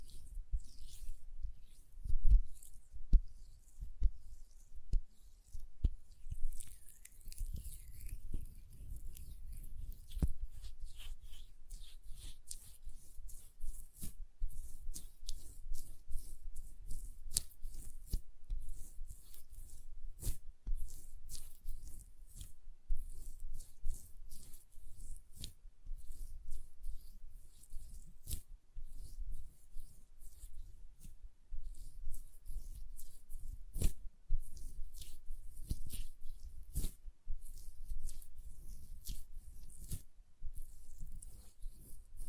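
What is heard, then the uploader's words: Hand sounds with lotion: soft, moist rubbing and squishing that runs steadily through the clip at low volume. Sharp little taps or clicks cut in irregularly every second or two, with a denser cluster of louder touches in the opening seconds. Hand Sounds, Nail Tapping and Lotion Sounds.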